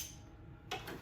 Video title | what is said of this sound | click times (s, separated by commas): TROY BILT Mustang Pivot 54 Zero Turn: Spring Tune Up | plug wire back on until it snaps in place | 0.7 s